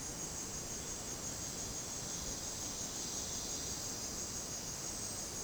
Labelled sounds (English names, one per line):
none